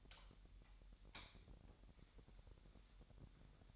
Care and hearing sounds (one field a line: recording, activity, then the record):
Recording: daily activity, microphone in the room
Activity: light on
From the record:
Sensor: 3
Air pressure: 1011.9 hPa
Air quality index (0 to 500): 227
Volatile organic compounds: 4 ppm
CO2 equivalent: 1688 ppm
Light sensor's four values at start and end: 13/31/13/13 and 16/39/16/16